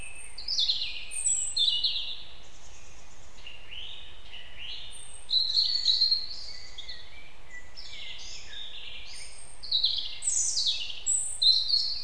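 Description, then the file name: European robin delivering three separate song phrases of high, varied, tumbling notes with quiet gaps between, against a low background rumble. "Erithacus rubecula"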